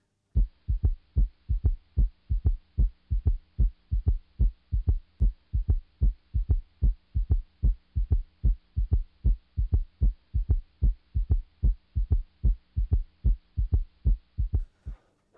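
Adult heart by stethoscope, about 74 beats per minute: a third heart sound in early diastole soon after the second heart sound, giving a gallop rhythm. It can be normal, but with heart failure it suggests significant left ventricular dysfunction with raised left atrial pressure causing rapid ventricular filling; specific but not sensitive for heart failure.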